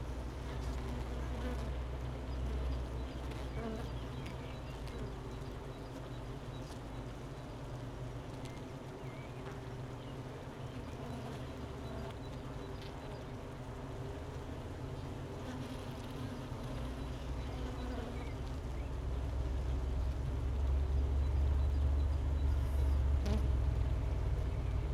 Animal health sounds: honeybee colony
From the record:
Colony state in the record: missing queen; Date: 31 May 2018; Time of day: 12:56

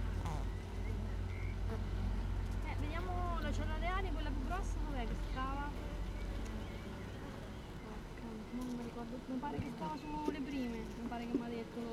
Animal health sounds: honeybee colony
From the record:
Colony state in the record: missing queen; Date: 31 May 2018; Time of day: 16:11

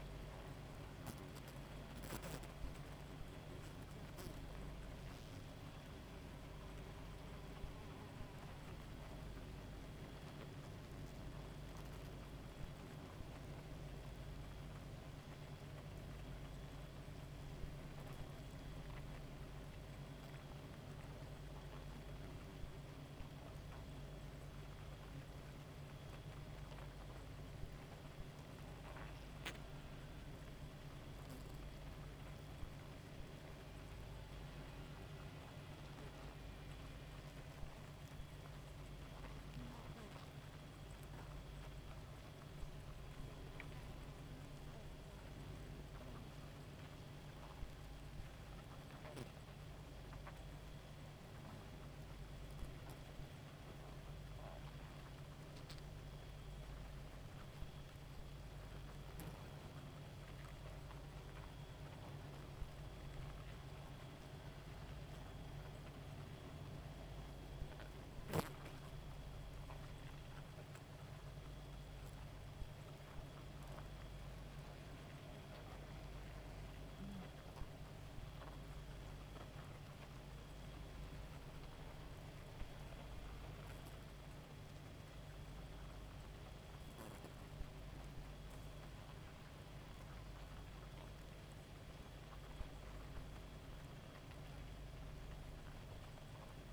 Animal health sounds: honeybee colony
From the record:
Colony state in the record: active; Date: 28 July 2017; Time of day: 1:48

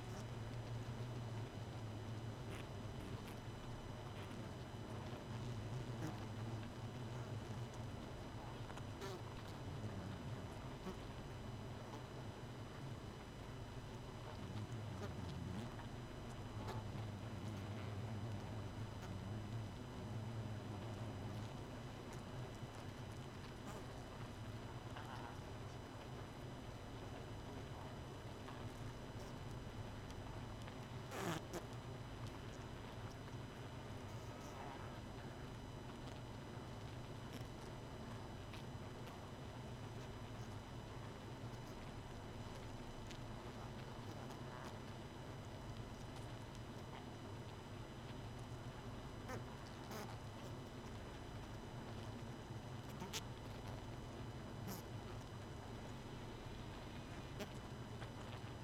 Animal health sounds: honeybee colony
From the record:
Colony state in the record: missing queen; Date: 31 May 2018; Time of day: 23:02

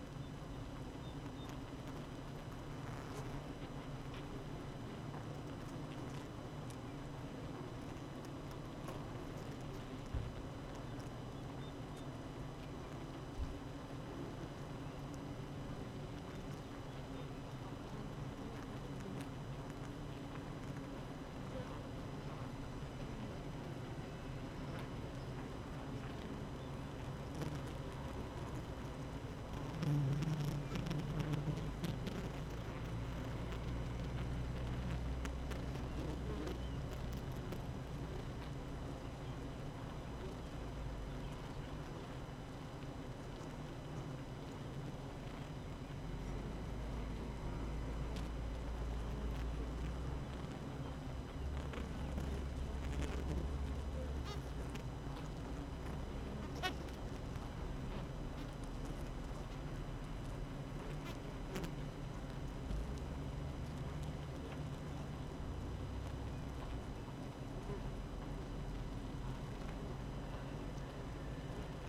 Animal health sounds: honeybee colony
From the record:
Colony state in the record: active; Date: 12 June 2018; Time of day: 8:06

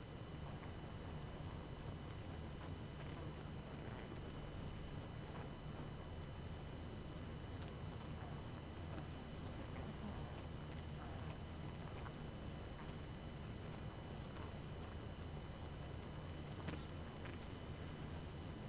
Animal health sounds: honeybee colony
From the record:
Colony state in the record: active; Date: 12 June 2018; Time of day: 22:18

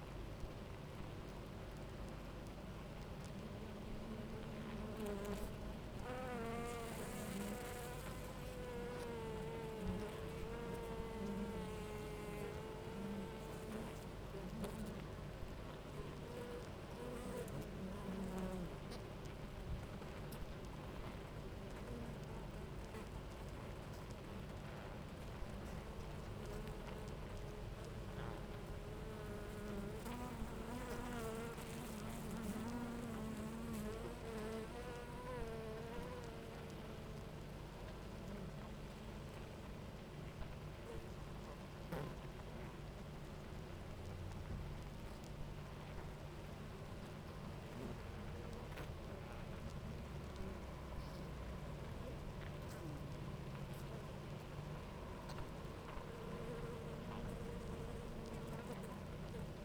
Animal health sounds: honeybee colony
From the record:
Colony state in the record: active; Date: 28 July 2017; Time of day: 10:00

